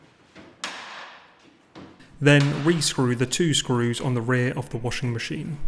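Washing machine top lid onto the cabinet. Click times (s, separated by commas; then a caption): 0.6 s. The top lid of a Hotpoint washing machine, refitted onto the cabinet after replacing the detergent powder dispenser drawer and hopper, is pushed into place and clicks into place with one strong, sharp hit at 0.6 s. A softer thump follows at about 1.8 s, and then someone talks.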